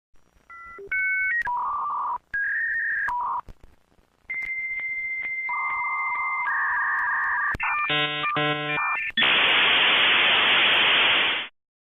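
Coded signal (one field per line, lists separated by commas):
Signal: dial-up modem handshake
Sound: dialing tones, steady answer tones, warbling multi-tone bursts, then loud broadband hiss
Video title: Dial-up Internet | Sound Effect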